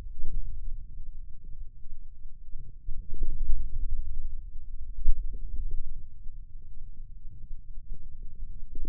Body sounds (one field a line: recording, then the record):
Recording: forearm muscle sounds (acoustic myography)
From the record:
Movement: hand closing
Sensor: system 2, bracelet of six BSWA MPA416 microphones around the upper forearm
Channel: 2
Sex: male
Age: 22 years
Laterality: right